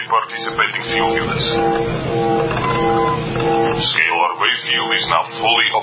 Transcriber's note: strange humming starts